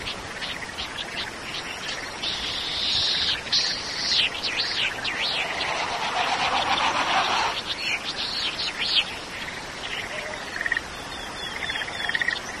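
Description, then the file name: Latham's snipe calling in a run of repeated arched, rasping notes. "ojisigi"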